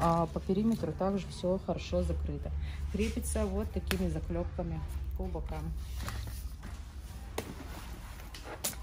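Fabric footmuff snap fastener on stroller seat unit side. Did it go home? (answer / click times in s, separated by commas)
yes / 7.4 s, 8.7 s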